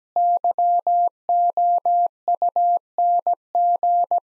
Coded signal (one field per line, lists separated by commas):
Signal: Morse code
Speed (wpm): 17 wpm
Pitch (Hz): 700 Hz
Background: none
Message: YOUNG